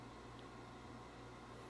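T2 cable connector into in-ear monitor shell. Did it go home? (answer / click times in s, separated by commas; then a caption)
no / none. The black left T2 cable connector is handled near the left blue in-ear monitor shell of a pair of Westone MACH 80 universal-fit in-ear monitors. Only a steady broadband hiss with a low hum is heard. Nothing has seated or snapped in yet.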